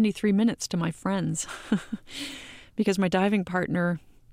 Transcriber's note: laughter